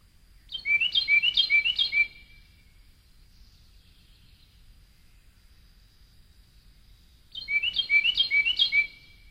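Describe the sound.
Carolina wren song: two loud bursts of four quick repeated rolling phrases, each burst lasting about a second and a half, with a long quiet gap between them.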